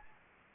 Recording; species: mosquito wingbeat signal from an infrared sensor; Anopheles gambiae